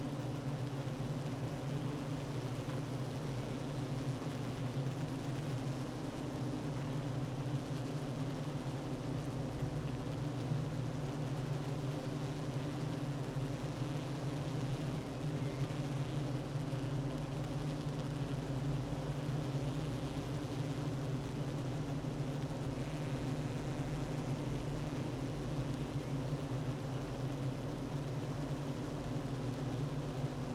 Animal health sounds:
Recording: honeybee colony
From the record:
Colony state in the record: active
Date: 12 June 2018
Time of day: 9:40

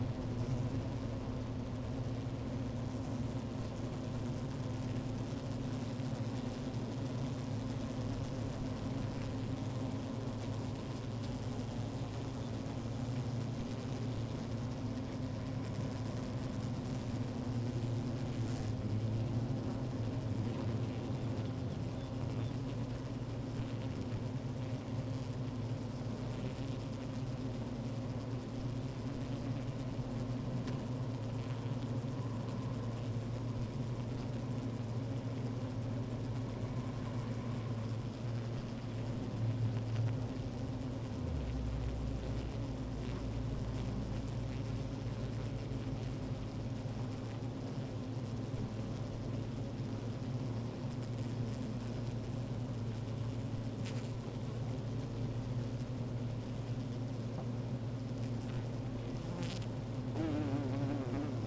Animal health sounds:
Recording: honeybee colony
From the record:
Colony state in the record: active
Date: 28 July 2017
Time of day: 15:50

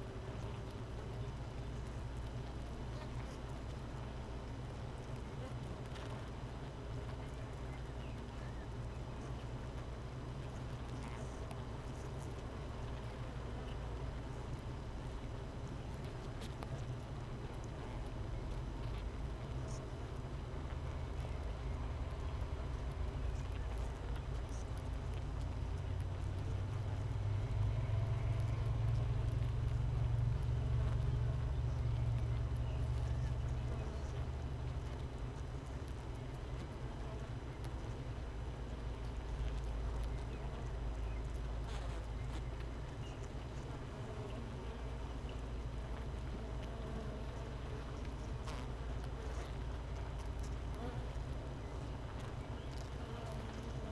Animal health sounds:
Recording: honeybee colony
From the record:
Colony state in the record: missing queen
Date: 31 May 2018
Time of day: 13:46

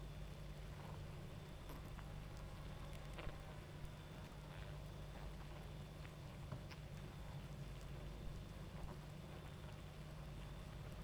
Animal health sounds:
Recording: honeybee colony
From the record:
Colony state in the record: active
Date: 28 July 2017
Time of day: 23:20

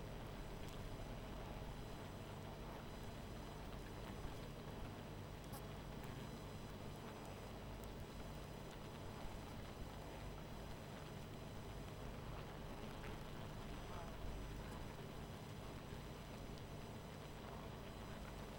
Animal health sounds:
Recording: honeybee colony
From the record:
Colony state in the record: missing queen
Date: 14 July 2017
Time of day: 20:53

